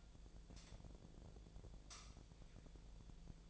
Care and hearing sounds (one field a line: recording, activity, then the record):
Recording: daily activity, microphone in the room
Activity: light on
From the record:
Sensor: 5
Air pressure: 1009.8 hPa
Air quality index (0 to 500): 160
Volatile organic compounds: 4 ppm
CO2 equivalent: 1554 ppm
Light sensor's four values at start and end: 145/371/154/164 and 146/374/155/165